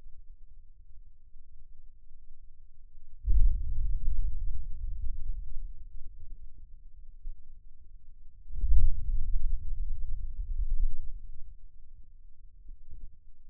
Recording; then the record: forearm muscle sounds (acoustic myography)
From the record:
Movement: hand opening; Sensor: system 2, bracelet of six BSWA MPA416 microphones around the upper forearm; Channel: 1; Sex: male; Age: 22 years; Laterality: right